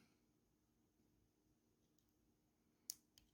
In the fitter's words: And there you go. You'll hear that little click, and then that's what you want to do.